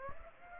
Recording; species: mosquito wingbeat signal from an infrared sensor; Aedes aegypti